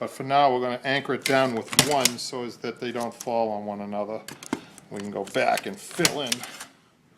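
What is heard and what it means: A clinch clip is being handled to anchor a coil spring to a furniture spring base while someone talks throughout. No pop is heard: nothing has seated or clicked yet.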